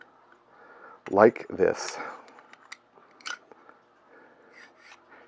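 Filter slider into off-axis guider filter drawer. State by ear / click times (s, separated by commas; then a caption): seated / 2.7 s. A milled aluminum filter slider is slid into the filter drawer of an off-axis guider, a positive lock system. Someone talks while scraping and sliding sounds build. The slider snaps into place with a sharp click at 2.7 seconds.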